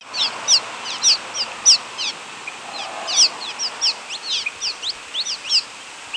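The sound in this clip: Cave swallow calls: rapid high chirps and squeaky downslurred notes in irregular clusters, over a steady hiss.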